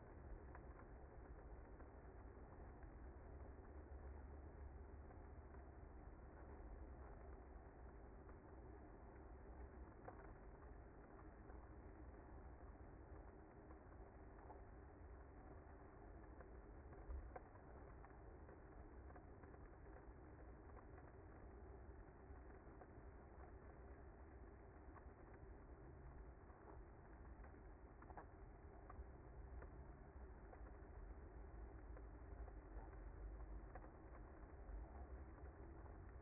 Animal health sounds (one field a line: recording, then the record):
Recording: honeybee colony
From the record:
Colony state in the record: active